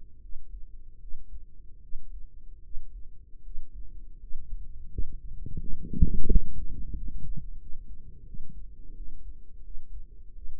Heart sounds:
heart sounds by microphone in the right ear; 83 bpm
0.19 s: heartbeat
0.97 s: heartbeat
1.79 s: heartbeat
2.60 s: heartbeat
3.41 s: heartbeat
4.17 s: heartbeat
4.87 s: heartbeat
5.56 s: heartbeat
6.24 s: heartbeat
6.92 s: heartbeat
7.56 s: heartbeat
8.22 s: heartbeat
8.92 s: heartbeat
9.61 s: heartbeat
10.32 s: heartbeat
From the record:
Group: healthy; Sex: female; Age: 32 years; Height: 168 cm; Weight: 61.9 kg

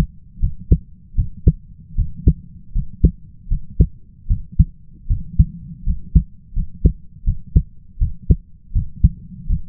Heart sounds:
heart sounds by stethoscope; 79 bpm
0.40 s: heartbeat
1.15 s: heartbeat
1.95 s: heartbeat
2.72 s: heartbeat
3.48 s: heartbeat
4.27 s: heartbeat
5.07 s: heartbeat
5.84 s: heartbeat
6.53 s: heartbeat
7.24 s: heartbeat
7.98 s: heartbeat
8.73 s: heartbeat
9.47 s: heartbeat
From the record:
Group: healthy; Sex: male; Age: 20 years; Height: 167 cm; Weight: 61 kg

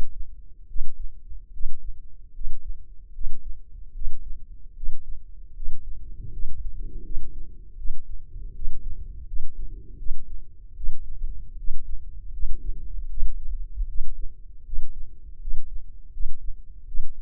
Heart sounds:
heart sounds by microphone in the left ear; 78 bpm
0.67 s: heartbeat
1.51 s: heartbeat
2.32 s: heartbeat
3.12 s: heartbeat
3.92 s: heartbeat
4.74 s: heartbeat
5.53 s: heartbeat
6.30 s: heartbeat
7.02 s: heartbeat
7.75 s: heartbeat
8.53 s: heartbeat
9.25 s: heartbeat
9.96 s: heartbeat
10.74 s: heartbeat
11.56 s: heartbeat
12.31 s: heartbeat
13.08 s: heartbeat
13.86 s: heartbeat
14.64 s: heartbeat
15.39 s: heartbeat
16.11 s: heartbeat
16.85 s: heartbeat
From the record:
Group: healthy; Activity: rest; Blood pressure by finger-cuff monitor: 137/82 mmHg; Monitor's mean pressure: 102 mmHg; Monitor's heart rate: 77 bpm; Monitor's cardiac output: 6.7 L/min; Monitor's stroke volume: 88 mL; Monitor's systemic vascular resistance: 1110 dyn s/cm5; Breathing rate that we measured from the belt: 20 breaths a minute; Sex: male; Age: 21 years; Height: 180 cm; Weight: 67.5 kg

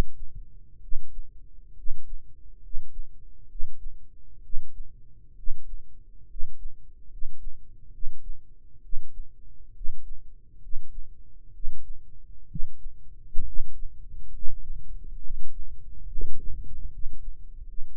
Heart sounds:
heart sounds by microphone in the right ear; 68 bpm
0.77 s: heartbeat
1.71 s: heartbeat
2.57 s: heartbeat
3.44 s: heartbeat
4.39 s: heartbeat
5.32 s: heartbeat
6.24 s: heartbeat
7.05 s: heartbeat
7.88 s: heartbeat
8.78 s: heartbeat
9.70 s: heartbeat
10.57 s: heartbeat
11.49 s: heartbeat
12.44 s: heartbeat
13.41 s: heartbeat
14.28 s: heartbeat
15.17 s: heartbeat
16.06 s: heartbeat
16.86 s: heartbeat
17.62 s: heartbeat
From the record:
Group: healthy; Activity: rest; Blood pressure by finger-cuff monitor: 100/52 mmHg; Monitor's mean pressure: 61 mmHg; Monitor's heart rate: 67 bpm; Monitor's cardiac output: 7.4 L/min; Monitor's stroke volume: 111 mL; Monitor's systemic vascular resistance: 590 dyn s/cm5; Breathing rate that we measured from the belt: 15 breaths a minute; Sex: male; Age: 22 years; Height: 185 cm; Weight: 112.4 kg

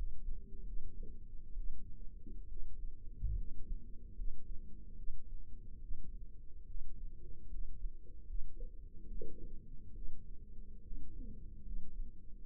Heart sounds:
heart sounds by microphone in the left ear; 71 bpm
0.64 s: heartbeat
1.56 s: heartbeat
2.48 s: heartbeat
3.36 s: heartbeat
4.15 s: heartbeat
4.95 s: heartbeat
5.80 s: heartbeat
6.66 s: heartbeat
7.49 s: heartbeat
8.26 s: heartbeat
9.07 s: heartbeat
9.93 s: heartbeat
10.82 s: heartbeat
11.63 s: heartbeat
12.41 s: heartbeat
From the record:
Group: healthy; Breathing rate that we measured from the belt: 16 breaths a minute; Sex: female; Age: 22 years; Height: 160 cm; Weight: 63 kg

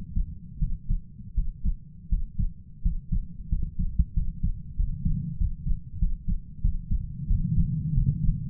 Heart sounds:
heart sounds by stethoscope; 90 bpm
0.59 s: heartbeat
1.34 s: heartbeat
2.09 s: heartbeat
2.82 s: heartbeat
3.49 s: heartbeat
4.14 s: heartbeat
4.76 s: heartbeat
5.37 s: heartbeat
5.99 s: heartbeat
6.61 s: heartbeat
7.27 s: heartbeat
7.94 s: heartbeat
From the record:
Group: healthy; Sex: male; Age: 33 years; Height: 179 cm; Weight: 80.4 kg

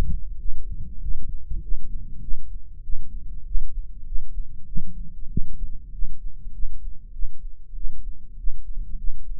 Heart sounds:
heart sounds by microphone in the right ear; 98 bpm
0.36 s: heartbeat
0.99 s: heartbeat
1.59 s: heartbeat
2.19 s: heartbeat
2.80 s: heartbeat
3.43 s: heartbeat
4.03 s: heartbeat
4.63 s: heartbeat
5.27 s: heartbeat
5.89 s: heartbeat
6.50 s: heartbeat
7.10 s: heartbeat
7.72 s: heartbeat
8.34 s: heartbeat
8.94 s: heartbeat
From the record:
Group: healthy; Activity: rest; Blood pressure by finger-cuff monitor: 118/78 mmHg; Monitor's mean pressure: 90 mmHg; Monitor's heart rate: 97 bpm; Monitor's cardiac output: 7.3 L/min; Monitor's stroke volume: 75 mL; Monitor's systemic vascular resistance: 910 dyn s/cm5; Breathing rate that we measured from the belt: 26 breaths a minute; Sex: male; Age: 20 years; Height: 187 cm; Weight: 68.9 kg

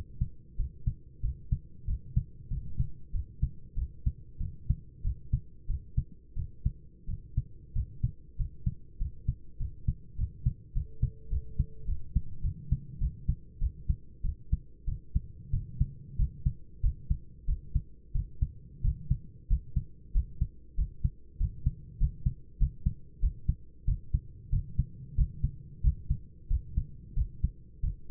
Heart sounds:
heart sounds by stethoscope; 95 bpm
0.57 s: heartbeat
1.22 s: heartbeat
1.86 s: heartbeat
2.49 s: heartbeat
3.12 s: heartbeat
3.75 s: heartbeat
4.39 s: heartbeat
5.03 s: heartbeat
5.67 s: heartbeat
6.36 s: heartbeat
7.07 s: heartbeat
7.74 s: heartbeat
8.37 s: heartbeat
8.99 s: heartbeat
9.59 s: heartbeat
10.17 s: heartbeat
10.74 s: heartbeat
11.30 s: heartbeat
11.86 s: heartbeat
12.42 s: heartbeat
12.99 s: heartbeat
13.60 s: heartbeat
14.23 s: heartbeat
14.86 s: heartbeat
15.52 s: heartbeat
16.18 s: heartbeat
16.82 s: heartbeat
17.47 s: heartbeat
18.14 s: heartbeat
18.83 s: heartbeat
19.49 s: heartbeat
20.13 s: heartbeat
20.77 s: heartbeat
21.39 s: heartbeat
21.99 s: heartbeat
22.59 s: heartbeat
23.21 s: heartbeat
23.86 s: heartbeat
24.51 s: heartbeat
25.16 s: heartbeat
25.83 s: heartbeat
26.49 s: heartbeat
27.15 s: heartbeat
27.82 s: heartbeat
From the record:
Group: healthy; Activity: rest 0-13 s, cold pressor test 13-28 s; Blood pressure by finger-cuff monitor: 135/68 mmHg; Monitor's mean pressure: 86 mmHg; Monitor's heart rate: 94 bpm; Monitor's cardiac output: 10.3 L/min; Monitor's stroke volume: 110 mL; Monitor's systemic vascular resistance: 620 dyn s/cm5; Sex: male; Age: 24 years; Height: 184 cm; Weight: 89 kg

